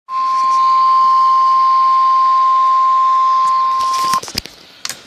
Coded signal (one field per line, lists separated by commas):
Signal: Emergency Alert System (SAME) tones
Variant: 1050 Hz attention tone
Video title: Radio EAS 10 - TOA 2